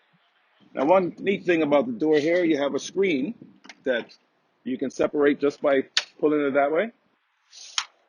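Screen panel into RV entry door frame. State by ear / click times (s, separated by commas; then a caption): seated / 7.8 s. Someone talks about the screen door on a 2017 Jayco Jay Flight Elite 26 BH RV entry door, then pulls the sliding screen panel across. The screen panel snaps into its latched position in the entry door frame with a sharp click at 7.8 seconds.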